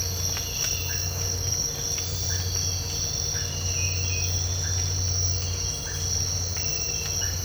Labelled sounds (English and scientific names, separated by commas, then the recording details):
none
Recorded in dense forest near Puerto Asís, Putumayo, Colombia, on 19 March 2025 at 05:00
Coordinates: 0.468, -76.322
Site GP01